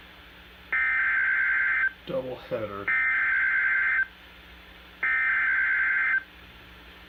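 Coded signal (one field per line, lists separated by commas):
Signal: Emergency Alert System (SAME) tones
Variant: header bursts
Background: speech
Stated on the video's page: Real Colorado weather alerts, including tornado, flash flood and severe thunderstorm warnings.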